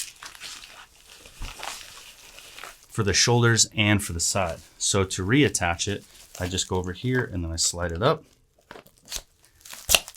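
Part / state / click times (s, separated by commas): shoulder/side armor attachment into plate carrier mount / seated / 10.0 s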